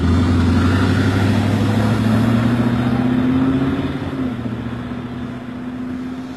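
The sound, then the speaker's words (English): A van engine hums steadily on a sunny evening with a light southerly breeze, its low drone rising slightly as the vehicle pulls away, then easing into a lower, even rumble as it drives on. No one speaks. “She's persuaded it's time to get in the van.”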